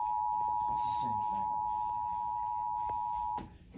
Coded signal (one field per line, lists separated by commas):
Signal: Emergency Alert System (SAME) tones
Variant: 853 and 960 Hz attention tone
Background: speech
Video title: Tornado Warning (EAS #3) 4/1/23